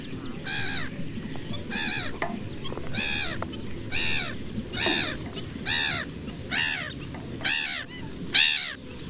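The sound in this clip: Black-headed gull uttering a series of grating, arched cries at irregular intervals of about a second, with faint extra calls and a low rumbling background throughout.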